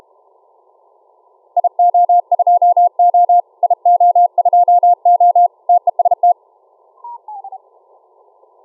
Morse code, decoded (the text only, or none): IO2O IO2O TEST